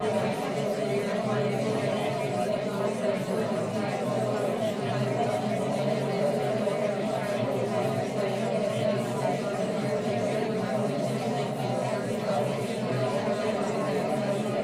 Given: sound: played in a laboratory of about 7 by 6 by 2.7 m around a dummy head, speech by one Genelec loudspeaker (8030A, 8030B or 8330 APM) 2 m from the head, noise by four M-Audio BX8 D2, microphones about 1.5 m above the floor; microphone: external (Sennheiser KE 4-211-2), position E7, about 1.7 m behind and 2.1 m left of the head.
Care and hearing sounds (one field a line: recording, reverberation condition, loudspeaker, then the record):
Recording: babble noise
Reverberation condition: low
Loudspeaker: four, about 170 cm from the corners of the room and facing them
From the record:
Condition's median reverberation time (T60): about 310 ms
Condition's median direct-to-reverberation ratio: about 3.5 dB